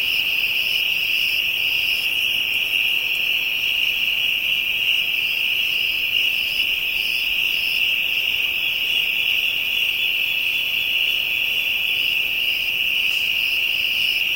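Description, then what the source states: Insects calling together, a constant piercing tone that never stops, with softer, less regular high buzzing pulses above it. Insects in Africa, ambient soundscape.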